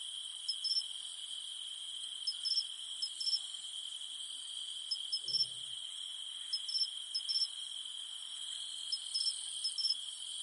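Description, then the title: Cicada: continuous high buzzing of cicadas, punctuated by quick double chirps every second or two, with a faint low thump in the middle. Cicadas humming at night in the mountains. "In the mountains at night, only the humming of cicadas remains"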